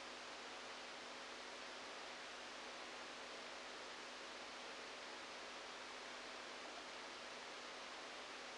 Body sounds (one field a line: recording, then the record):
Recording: brain microelectrode recording played as sound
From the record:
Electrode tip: outside the subthalamic nucleus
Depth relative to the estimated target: 4 mm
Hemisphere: right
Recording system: NeuroSet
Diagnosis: Parkinson's disease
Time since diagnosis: 14 years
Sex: male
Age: 51 years